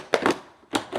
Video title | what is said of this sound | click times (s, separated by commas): The Narwal Freo Z10 Ultra Can Actually See Where It Is Going | And that just snaps back in | 0.1 s